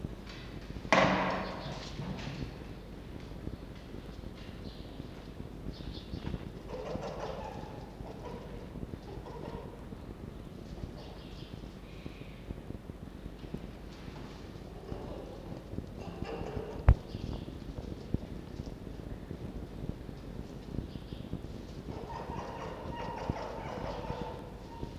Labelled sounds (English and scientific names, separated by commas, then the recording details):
Red Fox (Vulpes vulpes)
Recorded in captivity
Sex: pair
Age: adult
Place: Zoologisches Institut der HUB, Berlin, DE
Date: 1952-06-23 17:45
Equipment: Elmetra
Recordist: Tembrock, Günter